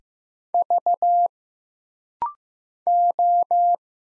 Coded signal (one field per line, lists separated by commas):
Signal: Morse code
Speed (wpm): 15 wpm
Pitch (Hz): 700 Hz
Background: none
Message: V O